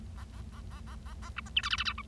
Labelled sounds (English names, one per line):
Bengalese Finch song